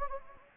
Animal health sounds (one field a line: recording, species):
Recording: mosquito wingbeat signal from an infrared sensor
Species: Anopheles gambiae